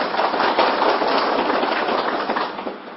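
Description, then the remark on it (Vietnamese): A group claps together in a dense, steady burst of applause that holds for about three seconds before tapering off slightly at the end, with no voices over it, applauding a woman who answered a quiz question at the end of a lecture. “À, cách tu cho anh chàng pháo tay.”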